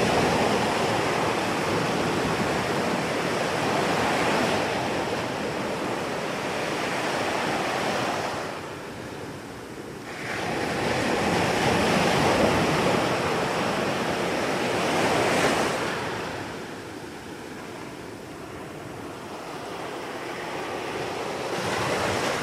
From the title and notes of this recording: Enjoy the relaxing sounds of South Portugal surf side by nightfall.